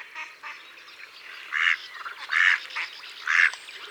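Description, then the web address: Mallard quacks, three loud nasal calls about one second apart after softer ones. "Canard colvert. abc de la nature"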